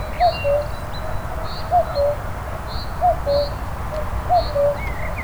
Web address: Cuckoo cucu